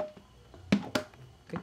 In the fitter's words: sudah ngunci ya, bisa diangkat.